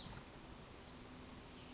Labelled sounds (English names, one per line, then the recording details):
Western Flycatcher
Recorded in Sonoma County, California